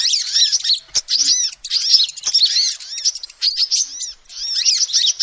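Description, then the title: Lovebird chattering: shrill, squeaky arched chirps in quick bursts separated by short gaps, plus occasional sharp clicks. Lovebird call used as a lure to trap birds. "PIKAT BURUNG LOVEBIRD"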